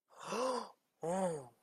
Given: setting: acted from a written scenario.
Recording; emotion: vocal sound without words; elation